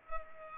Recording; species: mosquito wingbeat signal from an infrared sensor; Culex pipiens